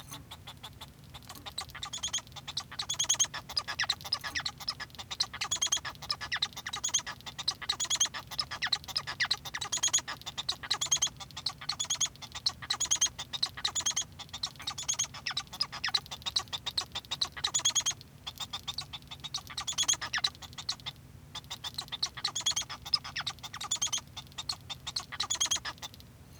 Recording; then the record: song of a male Bengalese finch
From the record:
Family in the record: son of father 1